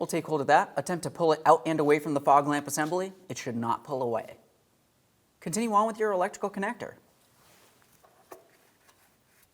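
Someone talks while a plastic electrical connector is picked up and positioned with its locking tab facing up, ready to be pressed onto the fog light bulb of a 2007-2014 GMC Sierra 2500 HD fog lamp assembly. After the talking stops, quiet handling noises follow, with faint taps at about 7.8 and 8.3 seconds. The connector has not been pressed on or clicked into place yet.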